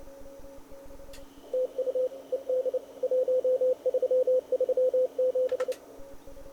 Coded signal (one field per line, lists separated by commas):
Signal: Morse code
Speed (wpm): 29 wpm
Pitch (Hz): 560 Hz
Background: radio noise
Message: TU ED 1337